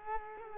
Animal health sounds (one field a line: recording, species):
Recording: mosquito wingbeat signal from an infrared sensor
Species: Culex quinquefasciatus